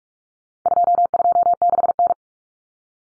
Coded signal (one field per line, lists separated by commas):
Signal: Morse code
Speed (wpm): 44 wpm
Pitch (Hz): 700 Hz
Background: none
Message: 226N